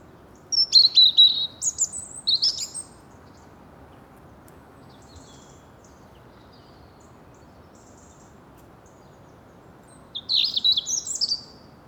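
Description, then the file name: European robin singing short, high, thin warbled phrases near the start, then another phrase after a long quiet gap. "Erithacus rubecula"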